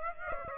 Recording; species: mosquito wingbeat signal from an infrared sensor; Aedes aegypti